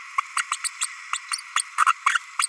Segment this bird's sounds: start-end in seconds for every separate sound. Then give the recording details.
0.18-0.21, 0.36-0.42, 0.51-0.56, 0.64-0.69, 0.81-0.87, 1.13-1.18, 1.31-1.38, 1.78-1.84, 2.06-2.19, 2.38-2.46. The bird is a female. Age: 32 days. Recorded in a nest box in Venezuela. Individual 17B32A5